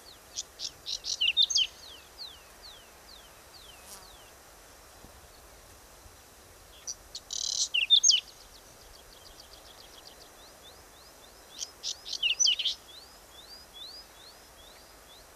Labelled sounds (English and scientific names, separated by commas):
Whinchat (Saxicola rubetra) song